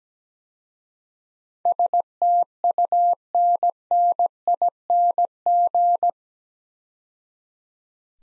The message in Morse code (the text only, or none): STUNNING